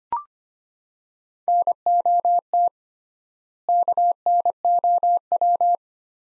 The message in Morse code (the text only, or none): NOT KNOW